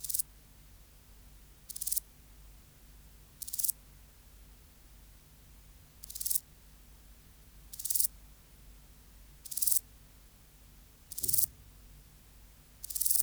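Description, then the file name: Chopard's grasshopper stridulation: brief high, hissing buzzes repeated about every two seconds, with silence between. "Euchorthippus chopardi"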